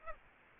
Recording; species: mosquito wingbeat signal from an infrared sensor; Aedes aegypti